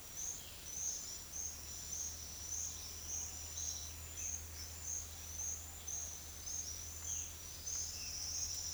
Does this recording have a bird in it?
yes